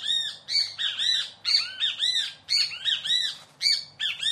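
Kiskadee calling loudly, a series of harsh, arched, harmonic notes in quick bursts, with a faint low hum underneath.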